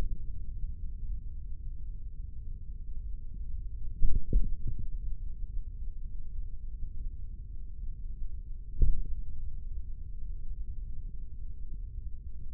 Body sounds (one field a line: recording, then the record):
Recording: forearm muscle sounds (acoustic myography)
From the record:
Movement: tripod grip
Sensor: system 3, bracelet of six PUI Audio POM-2738L microphones around the upper forearm, with dedicated amplification and filtering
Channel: 1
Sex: male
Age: 55 years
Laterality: right